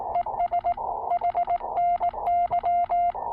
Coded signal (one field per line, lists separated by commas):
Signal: Morse code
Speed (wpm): 18 wpm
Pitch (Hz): 690 Hz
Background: none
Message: ES HNY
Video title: New Year's Day POTA: New VK3IL Pressure Paddle, New FT-817/818 Filter, and New TPA-817 Pack Frame!